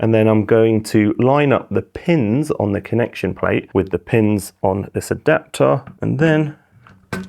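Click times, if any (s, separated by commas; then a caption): 7.1 s. Someone talks while lining up the pins on a gimbal's connection plate with the pins on a camera slider adapter and slotting the plate down. A few faint taps follow, then a sharp click at 7.1 s as the plate seats into the adapter.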